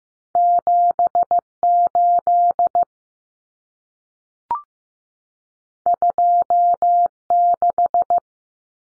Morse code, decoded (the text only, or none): 78 26